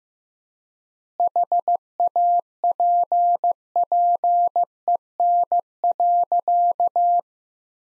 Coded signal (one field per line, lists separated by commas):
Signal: Morse code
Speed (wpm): 15 wpm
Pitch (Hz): 700 Hz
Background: none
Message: HAPPEN.